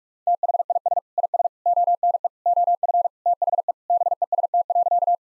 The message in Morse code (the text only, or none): THIS IS ONE OF THE BEST.